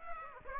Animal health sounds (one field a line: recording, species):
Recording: mosquito wingbeat signal from an infrared sensor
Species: Aedes aegypti